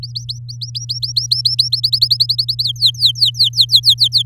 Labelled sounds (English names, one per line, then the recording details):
Domestic Canary song
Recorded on 7 May 2018 at 13:41
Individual llb16